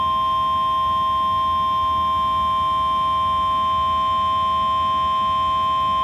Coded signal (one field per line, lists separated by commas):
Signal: Emergency Alert System (SAME) tones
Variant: 1050 Hz attention tone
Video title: Tornado Watch (EAS #31) 2022/06/08